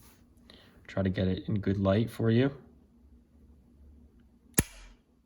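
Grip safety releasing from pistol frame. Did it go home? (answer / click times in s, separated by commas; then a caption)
released / 4.6 s. Someone talks over a quiet background while pressing the release button on an unloaded 1930s German Ortgies Deutsche Werke .25 ACP pistol, which shows some rust. At 4.6 s the grip safety snaps back out of the frame with a single loud, sharp snap that quickly fades, and the safety is released.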